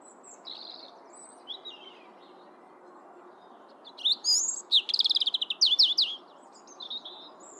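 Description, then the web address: European robin song: a few soft thin notes, then a loud burst of high whistles running into a fast rattling trill and scattered notes. "pub SETE data Erithacus rubecula"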